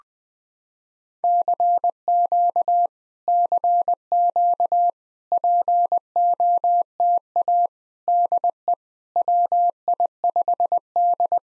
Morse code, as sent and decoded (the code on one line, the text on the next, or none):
-.-. --.- / -.-. --.- / .--. --- - .- / -.. . / .-- .. ..... -..
CQ CQ POTA DE WI5D